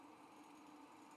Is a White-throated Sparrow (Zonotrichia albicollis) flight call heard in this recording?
no